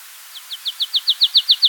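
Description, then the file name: Marsh tit calling with about ten quick, downward-slurred high notes in an even run that swells from soft to loud. "Poecile palustris"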